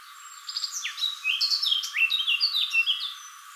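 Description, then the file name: Eurasian blackcap, a steady flowing warble of fluty, slurred whistles rising and falling with barely a break. "Sylvia atricapilla"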